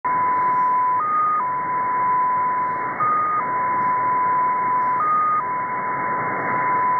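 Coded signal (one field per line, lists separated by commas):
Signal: numbers station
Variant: XPA2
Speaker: so what you are hearing uh over here is a russian number station it comes from near moscow russia apparently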